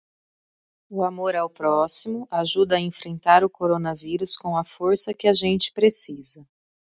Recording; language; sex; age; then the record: spoken sentence; Brazilian Portuguese; female; 30 to 39 years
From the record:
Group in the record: control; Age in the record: 38 years